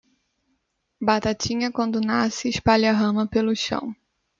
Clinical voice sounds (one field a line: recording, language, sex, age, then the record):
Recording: short text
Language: Brazilian Portuguese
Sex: female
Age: 20 to 29 years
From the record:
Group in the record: control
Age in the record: 29 years